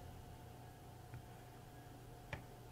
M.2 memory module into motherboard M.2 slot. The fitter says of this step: we go I heard a little snap click there and as